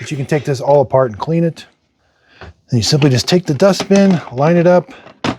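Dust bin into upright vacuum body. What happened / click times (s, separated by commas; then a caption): The bin is being lined up; it has not clicked into place yet / none. Someone talks while lining up the plastic dust bin of a Shark Vertex DuoClean AZ2001AMZ upright vacuum with the vacuum body, with brief handling knocks at about 2.4 s and 5.4 s. The clip ends just before the bin goes home, and nothing has seated or clicked yet.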